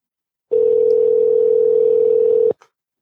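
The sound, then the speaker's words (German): A phone line rings once with a steady, mid-pitched electronic tone lasting about two seconds, then cuts off with a faint click and no answer. “Ja, der schämt sich schon, ans Telefon zu gehen.”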